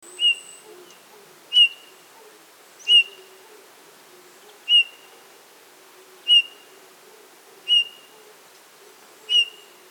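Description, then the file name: Eurasian bullfinch repeating a gentle, flat piping whistle roughly every one and a half seconds, seven calls in a row. "Pyrrhula pyrrhula"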